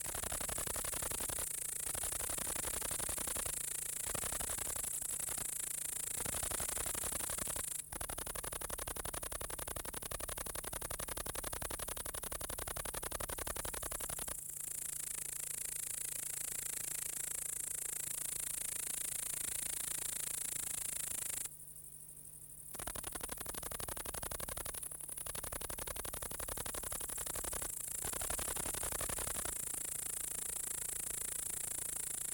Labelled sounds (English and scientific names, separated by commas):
Great Green Bush-cricket (Tettigonia viridissima) stridulation